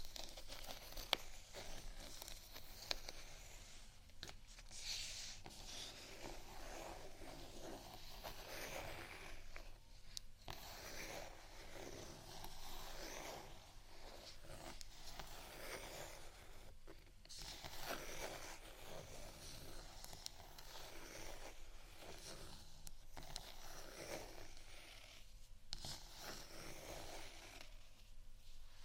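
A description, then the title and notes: Scratching and tapping on textured items runs without a break for the whole half minute. The rasping scrapes come in quick, uneven strokes that are bright and papery, like crinkling. A few sharper taps stand out, around five, ten and seventeen seconds. Scratch & Tap On Textured Items & Beat.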